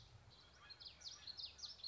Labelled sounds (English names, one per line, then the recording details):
Common Yellowthroat
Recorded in Sonoma County, California